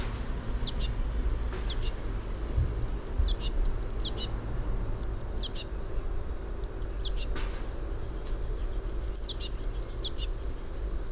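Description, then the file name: Eurasian blue tit repeating short phrases of thin, high notes, each ending in sharp broken notes, many times through steady low background noise. "Cyanistes caeruleus"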